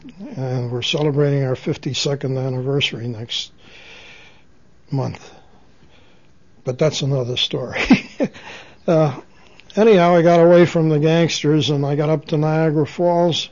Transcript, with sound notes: And we're celebrating our 52nd anniversary next month, but that's another story. ( he laughs ) Anyhow, I got away from the gangsters and I got up to Niagara Falls